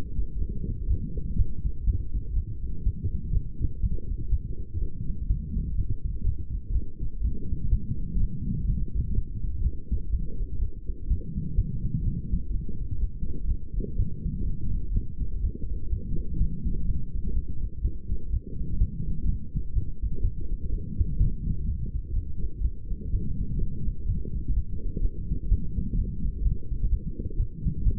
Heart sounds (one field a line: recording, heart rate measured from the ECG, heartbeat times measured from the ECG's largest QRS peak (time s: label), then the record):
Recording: heart sounds by stethoscope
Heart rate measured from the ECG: 125 bpm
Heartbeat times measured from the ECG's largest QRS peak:
0.40 s: heartbeat
0.89 s: heartbeat
1.38 s: heartbeat
1.86 s: heartbeat
2.35 s: heartbeat
2.85 s: heartbeat
3.33 s: heartbeat
3.82 s: heartbeat
4.31 s: heartbeat
4.80 s: heartbeat
5.29 s: heartbeat
5.77 s: heartbeat
6.25 s: heartbeat
6.74 s: heartbeat
7.23 s: heartbeat
7.71 s: heartbeat
8.19 s: heartbeat
8.67 s: heartbeat
9.15 s: heartbeat
9.63 s: heartbeat
10.12 s: heartbeat
10.61 s: heartbeat
11.09 s: heartbeat
11.57 s: heartbeat
12.05 s: heartbeat
12.53 s: heartbeat
13.01 s: heartbeat
13.49 s: heartbeat
13.98 s: heartbeat
14.46 s: heartbeat
14.94 s: heartbeat
15.42 s: heartbeat
15.92 s: heartbeat
16.39 s: heartbeat
16.87 s: heartbeat
17.35 s: heartbeat
17.83 s: heartbeat
18.32 s: heartbeat
18.80 s: heartbeat
19.27 s: heartbeat
19.75 s: heartbeat
20.23 s: heartbeat
20.71 s: heartbeat
21.19 s: heartbeat
21.67 s: heartbeat
22.15 s: heartbeat
22.63 s: heartbeat
23.12 s: heartbeat
23.60 s: heartbeat
24.08 s: heartbeat
24.56 s: heartbeat
25.03 s: heartbeat
25.50 s: heartbeat
25.97 s: heartbeat
26.44 s: heartbeat
26.91 s: heartbeat
27.38 s: heartbeat
27.85 s: heartbeat
From the record:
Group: healthy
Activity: light exercise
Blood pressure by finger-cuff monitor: 151/87 mmHg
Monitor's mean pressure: 105 mmHg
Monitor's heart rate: 125 bpm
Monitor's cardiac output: 10.1 L/min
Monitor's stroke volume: 80 mL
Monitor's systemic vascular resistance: 780 dyn s/cm5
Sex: female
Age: 22 years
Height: 163 cm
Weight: 67.1 kg